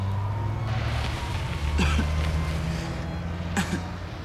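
A Mini Cooper's engine turns over and settles into a steady low rumble, with two brief rough bursts of noise as the car pulls off. No one speaks.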